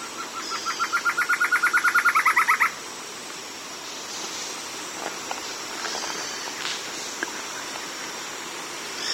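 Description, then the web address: Bird call: a fast trill of short repeated notes that swells in loudness for about two and a half seconds, then gives way to hissing background noise. "BIRD 2015 small 50 CLASSES SABIOD 50 bird 2015"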